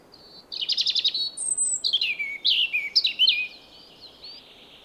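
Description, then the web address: European robin song: a rapid rattling trill followed by thin high whistles and downslurred liquid notes, a varied, rambling phrase. "SETE Erithacus rubecula"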